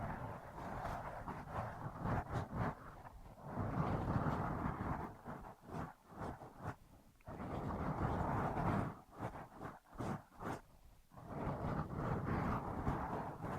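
Ear massage and cleaning sounds: thick, muffled rubbing and scrubbing with a deep rumble. Steady stretches of dense friction, around 3–6, 7–9 and 11–14 seconds, alternate with choppy passages of short strokes and brief quiet gaps.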